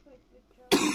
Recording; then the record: coughing mixed with background sound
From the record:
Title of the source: 64 coughing, allergies, singing lungs